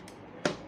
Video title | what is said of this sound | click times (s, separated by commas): how to assemble the MIUI slow juicer in 2026 | Have you heard the click? With that click, it means it has fixed. | 0.5 s